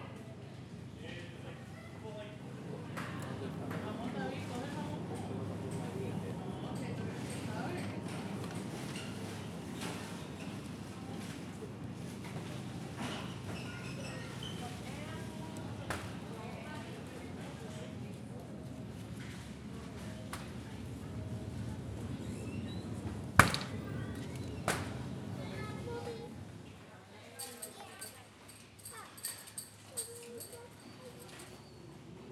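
Supermarket ambience with a steady murmur of many voices and a low hum filling the first twenty-six seconds. Scattered clicks and knocks, like items and trolleys, punctuate it, with a sharp bang near twenty-three seconds. The crowd drops away near the end, leaving quieter, brighter rattles.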